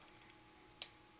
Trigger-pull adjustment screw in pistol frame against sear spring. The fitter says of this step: they make contact you'll know because it'll stop if you keep rotating that you'll hear a click that's how you know that all those pieces are lined up